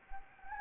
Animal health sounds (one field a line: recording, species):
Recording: mosquito wingbeat signal from an infrared sensor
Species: Anopheles gambiae